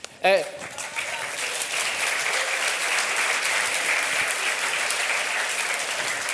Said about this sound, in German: Und dafür gehört ihm auf jeden Fall ein Applaus.